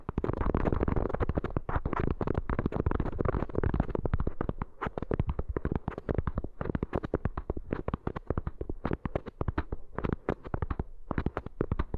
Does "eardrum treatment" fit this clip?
yes